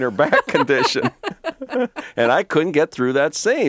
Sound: laughter

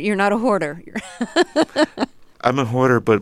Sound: laughter

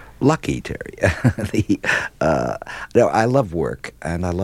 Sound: laughter

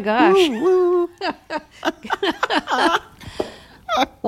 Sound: laughter

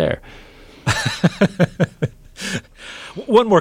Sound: laughter

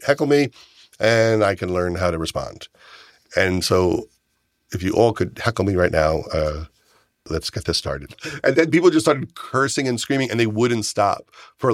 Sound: none

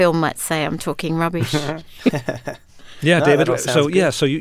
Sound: soundbite of laughter

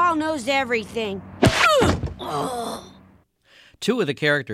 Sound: Soundbite of Milhouse being punched

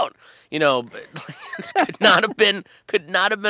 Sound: soundbite of laughter

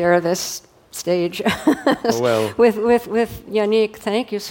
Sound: laughter

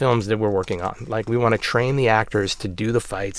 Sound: none

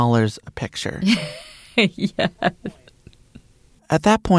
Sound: laughter

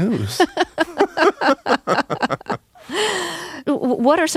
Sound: laughter

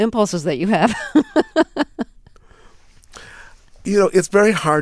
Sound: soundbite of laughter

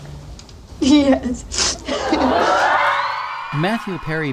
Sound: applause

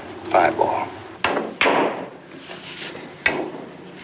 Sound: soundbite of pool balls

